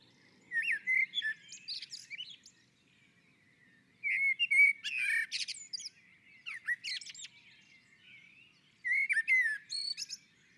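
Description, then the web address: Common blackbird song, several warbled strophes with mellow whistles and high twittering ends, separated by short pauses. On a roof. "Naturinspelningar Koltrast på taket"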